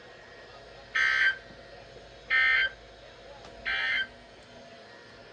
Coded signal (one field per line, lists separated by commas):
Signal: Emergency Alert System (SAME) tones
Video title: achoo. (EAS 576-583)